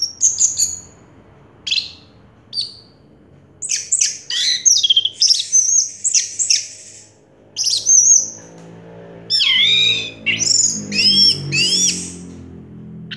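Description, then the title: Orange-headed thrush song: scattered high whistled and warbled phrases separated by short pauses, with denser, louder twittering bursts near the end. Played to prompt a silent orange-headed thrush to start singing. "Anis Merah Macet.. Pancing Dengan Suara Ini.. # Anis Merah"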